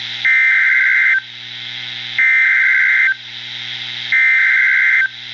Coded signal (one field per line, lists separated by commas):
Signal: Emergency Alert System (SAME) tones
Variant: header bursts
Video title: (EAS) #2 Flash Flood Warning